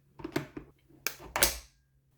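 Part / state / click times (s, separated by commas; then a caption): handle into vacuum mop body / seated / 1.1 s. A plastic handle is pushed into the body of a wet/dry vacuum-mop, with a few light plastic taps and rattles between 0.2 and 0.6 s. A sharp, crisp click at 1.1 s marks the handle seating. A louder, longer clatter follows around 1.4 s, and the handle is confirmed installed.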